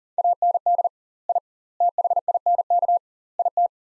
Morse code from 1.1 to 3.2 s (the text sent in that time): I THINK